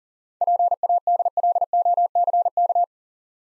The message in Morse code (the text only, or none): PADLOCK